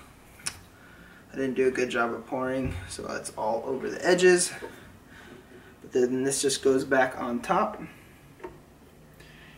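Someone talks while handling an American Press coffee press after filling its coffee pod, with grounds spilled over the edges, then puts the plastic top cap back on and begins turning it. A few faint handling taps and ticks are heard around the speech. The cap has not yet clicked into place, and nothing has seated.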